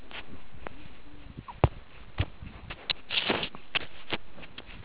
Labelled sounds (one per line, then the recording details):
meerkat close call
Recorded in the Kuruman River Reserve, South Africa
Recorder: an audio tag on a meerkat's collar